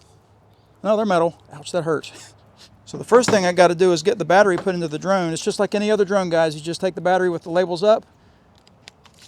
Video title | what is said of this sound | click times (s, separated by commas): Is This The Newest Mini Drone Killer? Snaptain P30 Pro | shove it in there till you hear that click, and now it's in there nice and strong. | 8.9 s